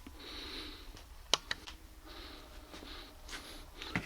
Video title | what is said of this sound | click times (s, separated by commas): Flir1 battery replacement | okay everything's snapped into place make sure it's real flat right here because it goes in the iphone | 1.3 s, 1.5 s, 4.0 s